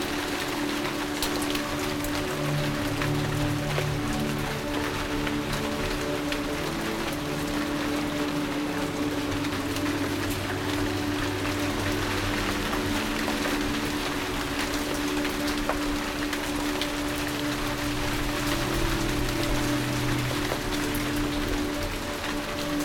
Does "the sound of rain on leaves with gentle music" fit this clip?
yes